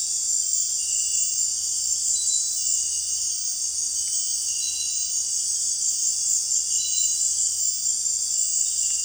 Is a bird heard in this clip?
no